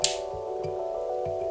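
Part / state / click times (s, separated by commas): watch strap into running watch case lug / seated / 0.0 s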